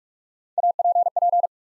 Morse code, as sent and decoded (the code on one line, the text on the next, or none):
.- / .--. / .--.
A P P